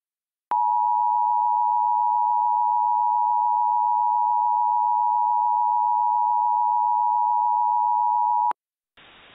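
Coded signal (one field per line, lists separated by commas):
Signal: Emergency Alert System (SAME) tones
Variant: 853 and 960 Hz attention tone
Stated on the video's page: Mock EAS alerts, experimental products generated on CAVE AWIPS, containing valid tones.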